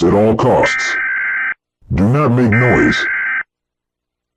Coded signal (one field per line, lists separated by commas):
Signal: Emergency Alert System (SAME) tones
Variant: header bursts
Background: speech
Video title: EAS Scenario: National Lockdown